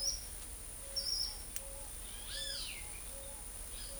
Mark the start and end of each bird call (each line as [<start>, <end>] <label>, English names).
[0.00, 3.99] Eared Dove
[0.93, 1.32] Ochre-lored Flatbill
[2.27, 2.66] Great Kiskadee